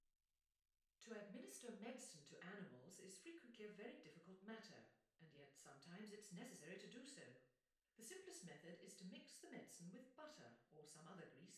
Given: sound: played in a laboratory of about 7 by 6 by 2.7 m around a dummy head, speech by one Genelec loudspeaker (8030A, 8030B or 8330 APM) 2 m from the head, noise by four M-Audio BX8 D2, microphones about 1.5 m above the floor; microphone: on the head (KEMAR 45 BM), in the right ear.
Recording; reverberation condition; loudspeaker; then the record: female speech in English; medium; 30 degrees to the left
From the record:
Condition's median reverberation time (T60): about 510 ms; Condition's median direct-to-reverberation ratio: about -0.5 dB